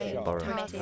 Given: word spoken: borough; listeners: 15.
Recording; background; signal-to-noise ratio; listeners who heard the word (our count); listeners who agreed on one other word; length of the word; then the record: one English word in noise, from a listening test; four-talker babble; 0.7 dB; 1 of 15; 10 of 15; 0.42 s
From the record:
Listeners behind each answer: 10, 2, 1, 1, 1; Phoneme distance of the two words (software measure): 20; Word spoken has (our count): 2 syllables, 4 phonemes, stress on syllable 1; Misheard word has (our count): 2 syllables, 4 phonemes, stress on syllable 1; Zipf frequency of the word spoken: 3.84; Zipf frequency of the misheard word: 4.27